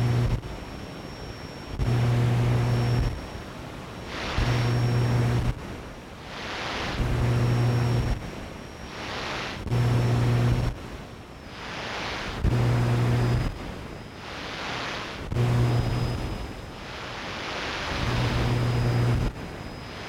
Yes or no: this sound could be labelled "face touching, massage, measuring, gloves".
no